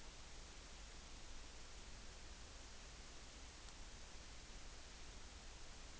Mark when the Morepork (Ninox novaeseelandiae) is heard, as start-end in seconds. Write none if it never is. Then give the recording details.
none. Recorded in New Zealand on 14 June 2013. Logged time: 02:27. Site Ponui